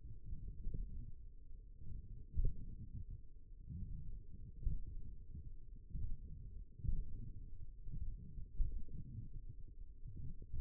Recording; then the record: forearm muscle sounds (acoustic myography)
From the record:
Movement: radial deviation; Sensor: system 1, eight BSWA MPA416 microphones around the upper forearm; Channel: 2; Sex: male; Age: 42 years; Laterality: right